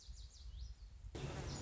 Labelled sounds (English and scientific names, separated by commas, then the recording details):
Lazuli Bunting (Passerina amoena)
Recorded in Sonoma County, California